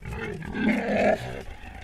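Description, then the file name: Domestic pig (Landrace) screeching: one harsh squeal that swells in loudness, peaks for about half a second, then drops off sharply. Landrace breed pig screeching. "PIG LANDRACE EDGAR"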